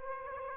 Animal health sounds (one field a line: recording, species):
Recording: mosquito wingbeat signal from an infrared sensor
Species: Aedes aegypti